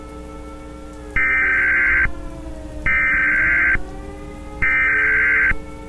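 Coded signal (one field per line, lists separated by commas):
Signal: Emergency Alert System (SAME) tones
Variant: header bursts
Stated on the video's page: SAME tones in a fictional EAS scenario.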